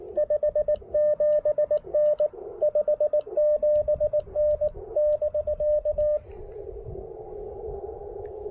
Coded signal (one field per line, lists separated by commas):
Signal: Morse code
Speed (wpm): 18 wpm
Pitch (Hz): 600 Hz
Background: radio noise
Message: 57N 57N <BK>